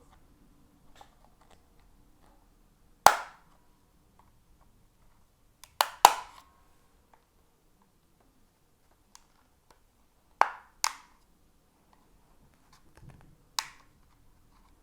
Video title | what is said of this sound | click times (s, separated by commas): Spring Loading Your Radio's Flap Stick for DLGs | twist and you should be able to feel and hear it pop | 3.1 s, 6.0 s, 10.4 s, 13.6 s